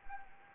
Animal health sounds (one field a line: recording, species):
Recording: mosquito wingbeat signal from an infrared sensor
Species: Anopheles arabiensis